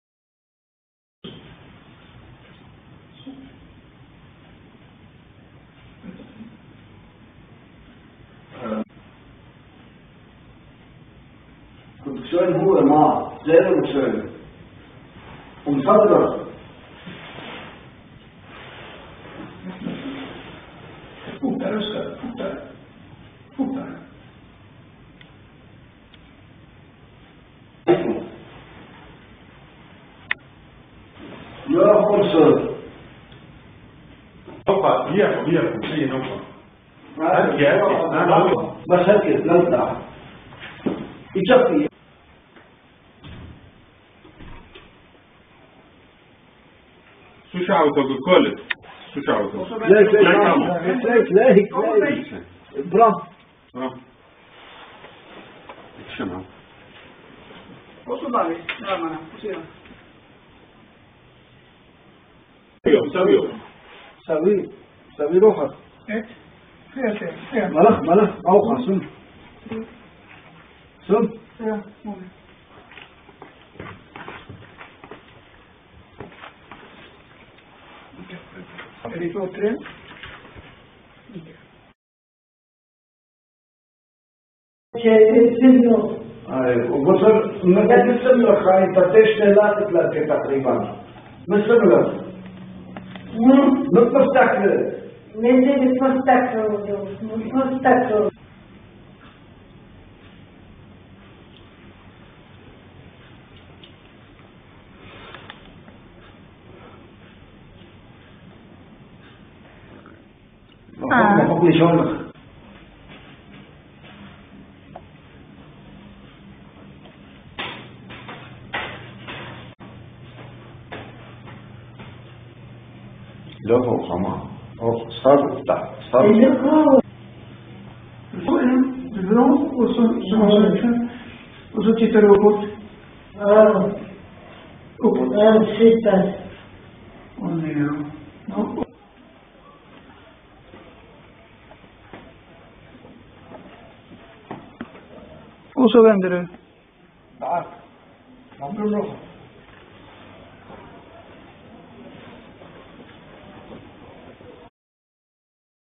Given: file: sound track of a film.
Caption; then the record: The patient has mild chorea involving the lower face, trunk, and upper and lower limbs, which increases with activation. There is dystonic posturing of the fingers and arms, and a mild postural tremor of the right hand. There is bradykinesia and clumsiness of alternating movements of both upper and lower extremities, which has progressed between examinations (at ages 63 and 67 years). She has a waddling, wide-based, gait, which has progressed between the 2 recordings, and the right arm is held in an abducted, dystonic posture. Speech is mildly dysarthric.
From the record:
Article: Chorea, psychosis, acanthocytosis, and prolonged survival associated with ELAC2 mutations